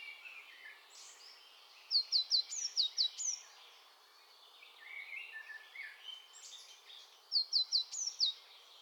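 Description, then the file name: Eurasian blue tit sounding short bursts of sharp, falling high notes, two bursts about five seconds apart, with fainter birdsong around. "Cyanistes caeruleus"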